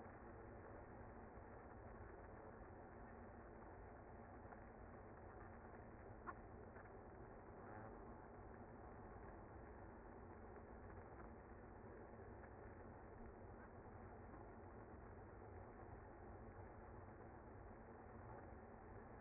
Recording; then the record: honeybee colony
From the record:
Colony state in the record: active